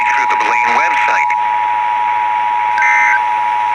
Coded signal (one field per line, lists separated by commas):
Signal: Emergency Alert System (SAME) tones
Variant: 853 and 960 Hz attention tone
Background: speech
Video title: EAS Recreation (02/12/17): POV Testing